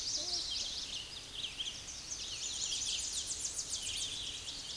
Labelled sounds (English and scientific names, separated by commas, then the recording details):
Tennessee Warbler (Leiothlypis peregrina) song
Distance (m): 50 m
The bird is about 30 m above the microphone
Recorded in a Pennsylvania forest on 16 May 2024 at 08:13
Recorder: AudioMoth, point MSD-0508
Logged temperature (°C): 15.5 °C
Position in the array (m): 59 m, 178 m